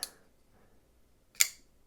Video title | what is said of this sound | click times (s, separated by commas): Kershaw Atmos liner lock knife Sinkevich design Small, lightweight and great looking !! | I can't fail it. It just snaps right into place. | 1.4 s